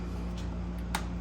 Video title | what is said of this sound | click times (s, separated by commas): How To Properly Maintain Your Munchkin Contender MC-50 / MC-80 | that locks into place | 1.0 s